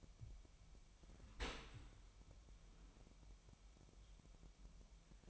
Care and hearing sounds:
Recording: daily activity, microphone in the room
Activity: open dishwasher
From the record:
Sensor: 1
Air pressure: 998.2 hPa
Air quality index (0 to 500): 140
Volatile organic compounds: 4 ppm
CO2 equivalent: 1670 ppm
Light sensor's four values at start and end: 16/54/21/22 and 16/54/21/22

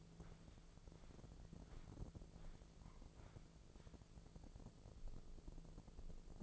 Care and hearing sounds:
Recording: daily activity, microphone in the room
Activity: walk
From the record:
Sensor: 5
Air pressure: 1005.6 hPa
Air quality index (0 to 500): 91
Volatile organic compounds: 2 ppm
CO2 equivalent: 1110 ppm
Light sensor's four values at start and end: 33/76/30/29 and 33/76/30/28

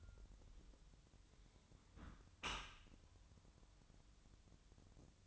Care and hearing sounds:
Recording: daily activity, microphone in the room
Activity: close dishwasher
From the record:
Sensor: 3

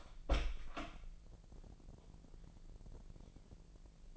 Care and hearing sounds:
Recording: daily activity, microphone in the room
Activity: open door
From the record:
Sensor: 5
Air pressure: 1001.5 hPa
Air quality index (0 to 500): 249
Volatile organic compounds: 34 ppm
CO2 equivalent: 3041 ppm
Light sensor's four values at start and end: 35/82/32/31 and 36/85/34/32

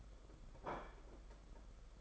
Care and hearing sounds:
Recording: daily activity, microphone in the room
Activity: place plate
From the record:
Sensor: 5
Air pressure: 991.9 hPa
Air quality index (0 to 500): 166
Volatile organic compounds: 401 ppm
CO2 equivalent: 4673 ppm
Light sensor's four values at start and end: 31/106/39/42 and 31/106/39/42

